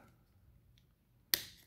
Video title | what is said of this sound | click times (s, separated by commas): Review for Battle Changers Rhinox from Transformers Rise of the Beasts | that's it you'll hear a click it's all size fine satisfying clicks but it's a very very simple transformation so | 1.3 s